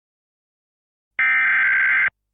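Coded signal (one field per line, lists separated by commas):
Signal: Emergency Alert System (SAME) tones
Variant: header bursts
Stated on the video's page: Fictional EAS scenario, not a real alert.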